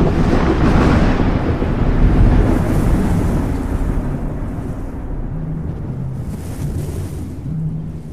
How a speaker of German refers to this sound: Der Sturm hatte noch immer nicht nachgelassen.